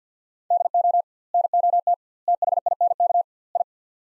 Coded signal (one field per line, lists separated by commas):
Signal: Morse code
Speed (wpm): 50 wpm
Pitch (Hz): 700 Hz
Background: none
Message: DO NOT THINK I